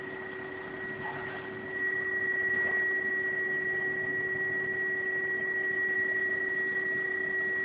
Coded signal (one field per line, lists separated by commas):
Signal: PSK31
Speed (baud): 31.25 baud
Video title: PSK31 QSO A65BC in Abu Dhabi & DU3MEL in Mabalacat Pampanga Philippines